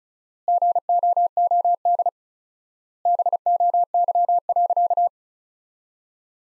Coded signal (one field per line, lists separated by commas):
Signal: Morse code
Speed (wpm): 34 wpm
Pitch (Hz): 700 Hz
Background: none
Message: GOOD BOY.